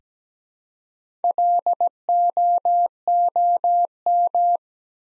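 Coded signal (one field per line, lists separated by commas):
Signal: Morse code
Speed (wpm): 17 wpm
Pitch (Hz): 700 Hz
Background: none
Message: LOOM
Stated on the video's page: Morse practice set at 17 wpm, letters sent one at a time building four-letter words, for beginners working on instant character recognition.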